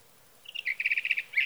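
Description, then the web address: Sage thrasher song, a short run of quick, evenly spaced warbled notes, faint hiss in the background. "birdsongforthecurious Sage Thrasher"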